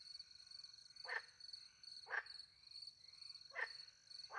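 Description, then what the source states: Frog calls as brief harsh croaks, a few widely spaced notes, set against a constant shrill trill of crickets. Frogs with crickets in countryside at night, France; microphones hidden in a tree close to a little pond; two Usi Pro microphones into a MixPre-10 II recorder.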